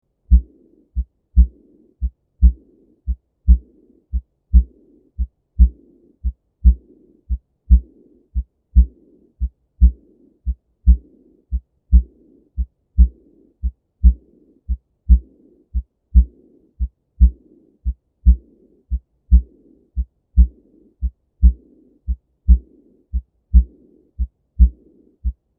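Steady, regular paired heart sounds at about 57 beats a minute. Each second sound is followed by a soft, low blowing murmur that fills part of the pause. This is the diastolic murmur of aortic regurgitation, caused by blood leaking back through the aortic valve.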